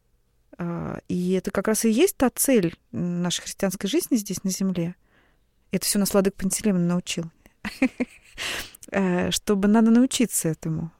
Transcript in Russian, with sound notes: И это как раз и есть та цель нашей христианской жизни здесь, на земле. Это все нас владыка Пантелеймон научил. (Смеется.) Чтобы... Надо научиться этому.